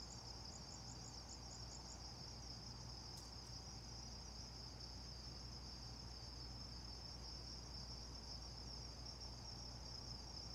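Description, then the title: Insects in a steady high trilling chorus, a pulsing band of chirps near the start, over a constant low mechanical hum. Insects before dawn in Carefree, Arizona, with air conditioners thrumming. "Carefree Arizona, Predawn insects, the occasional car and Coyote"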